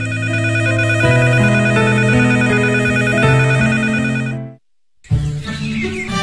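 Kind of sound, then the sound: signal or alarm, telephone ringing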